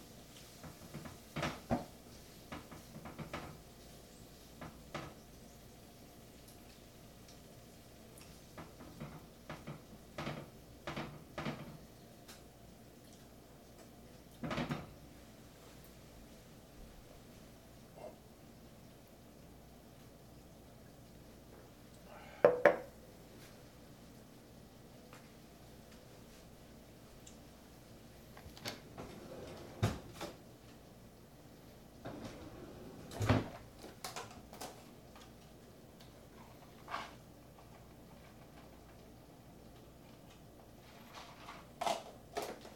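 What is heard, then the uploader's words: Someone is cooking a quick pasta meal in a kitchen, with scattered clacks and knocks of cupboards, drawers and dishes every few seconds. The sharpest clatter comes around the 22-second mark. Between the bangs a low, steady hum persists. Cooking Pasta. It consisted of prepackaged ravioli, asparagus, red pepper, garlic, olive oil, salt and pepper. It is a stereo recording. Cooking a quick meal.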